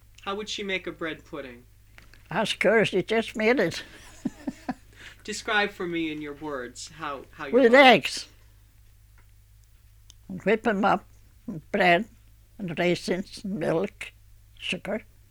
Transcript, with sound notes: How would she make a bread pudding?
Ask her. She just made it. (she laughs)
Describe for me in your words how, how your mother...
With eggs. Whip them up, bread and raisins, milk, sugar,